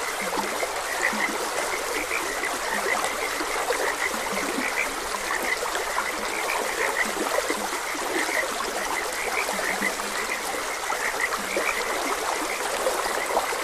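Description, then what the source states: Frogs croaking, with short higher notes and some lower, deeper croaks, over a flowing stream. Frogs croaking beside a gentle stream.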